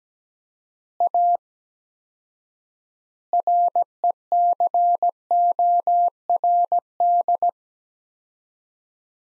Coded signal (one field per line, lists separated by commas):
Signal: Morse code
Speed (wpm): 17 wpm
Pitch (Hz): 700 Hz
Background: none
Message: A RECORD